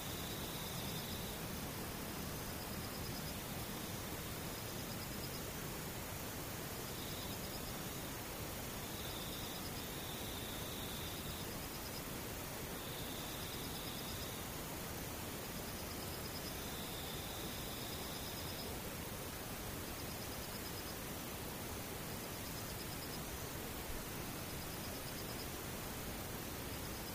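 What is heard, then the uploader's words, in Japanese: Near-silence with distant insects: a steady, even hiss fills the whole clip while faint high buzzing trills come and go every few seconds. The insect calls are thin and irregular, with no other events and no change in level. 無音遠くにムシ。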